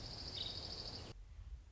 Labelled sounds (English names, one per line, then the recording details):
Nuttall's Woodpecker
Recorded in Sonoma County, California